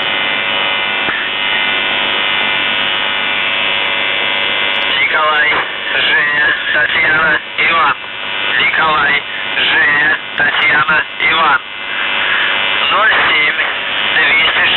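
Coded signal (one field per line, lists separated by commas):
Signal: channel marker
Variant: UVB-76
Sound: continuous low rasping buzz, then a voice speaking over the buzz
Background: radio static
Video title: The Buzzer/UVB-76(4625Khz) May 18th, 2023 Voice messages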